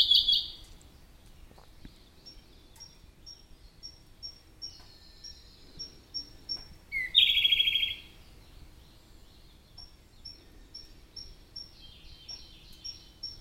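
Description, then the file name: Siberian blue robin song: a loud rapid trill opens, then faint high ticking notes spaced through the middle, before another short bright trilled burst near eight seconds. "robin-siberian-blue -Larvivora-cyane"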